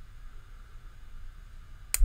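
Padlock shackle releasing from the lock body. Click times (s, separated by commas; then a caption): 1.9 s. A Master Lock No. 532 padlock is picked with a tension tool and a pick, with only faint low background noise for most of the clip. At 1.9 s the last pin sets, the plug turns, and the shackle springs open from the lock body with one loud, sharp click, releasing the padlock.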